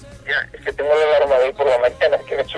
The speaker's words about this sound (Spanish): Es que tengo la alarma de hoy por la mañana, que me suena ahora. Ah, vale. No sé qué cojones. Y la alarma te habla. Está bien. Estos móviles modernos.